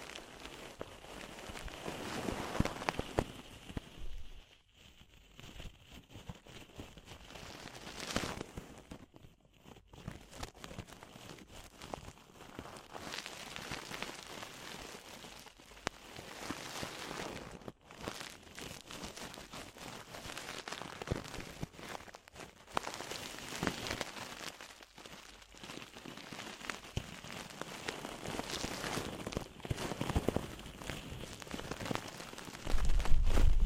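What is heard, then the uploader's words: Ear cleaning sounds made up of dense, crackling rustles and scratches that come in uneven bursts. Bright crinkling swells and fades, with brief near-silent dips around 4, 9, 17 and 22 seconds and a louder flurry at the end. DEEP Ear Penetrating Cleaning.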